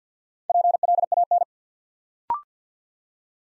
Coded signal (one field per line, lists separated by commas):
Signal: Morse code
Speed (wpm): 50 wpm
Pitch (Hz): 700 Hz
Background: none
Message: PLAN